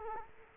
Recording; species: mosquito wingbeat signal from an infrared sensor; Culex quinquefasciatus